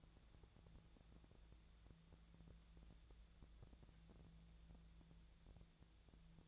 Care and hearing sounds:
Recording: daily activity, microphone in the room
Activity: wipe stove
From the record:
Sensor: 3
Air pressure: 1000.5 hPa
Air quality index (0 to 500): 180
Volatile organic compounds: 4 ppm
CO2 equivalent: 1557 ppm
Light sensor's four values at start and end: 12/29/12/13 and 12/29/12/13

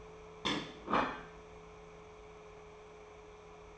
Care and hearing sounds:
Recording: daily activity, microphone in the room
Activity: place plate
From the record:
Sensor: 1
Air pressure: 1015.1 hPa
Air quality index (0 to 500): 200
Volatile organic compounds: 25 ppm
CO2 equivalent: 2834 ppm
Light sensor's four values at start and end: 24/60/25/30 and 19/46/19/22

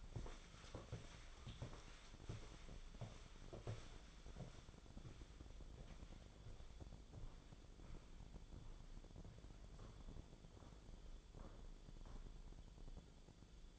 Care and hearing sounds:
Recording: daily activity, microphone in the room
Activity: walk to room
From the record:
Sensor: 5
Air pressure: 1010.2 hPa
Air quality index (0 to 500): 142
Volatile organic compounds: 3 ppm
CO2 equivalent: 1391 ppm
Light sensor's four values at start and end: 279/673/289/321 and 273/682/286/312

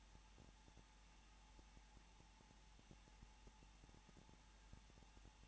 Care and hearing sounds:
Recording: daily activity, microphone in the room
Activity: no activity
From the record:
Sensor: 1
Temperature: 20.2 degrees Celsius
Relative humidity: 35.7%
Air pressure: 994.5 hPa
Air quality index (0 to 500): 182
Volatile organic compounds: 7 ppm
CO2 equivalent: 1997 ppm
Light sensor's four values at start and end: 1/2/1/1 and 1/2/1/1

